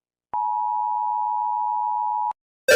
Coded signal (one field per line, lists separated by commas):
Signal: Emergency Alert System (SAME) tones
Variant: 853 and 960 Hz attention tone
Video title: rating EAS alarms (not good)